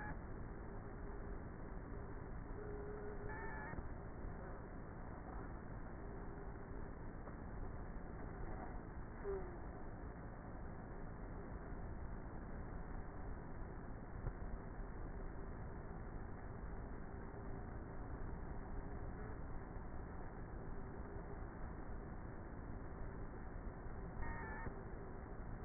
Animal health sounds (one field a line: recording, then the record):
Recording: honeybee colony, microphone inside the hive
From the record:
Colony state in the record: queenless with a low population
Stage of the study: before two queens were removed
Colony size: about 30,000 bees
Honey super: no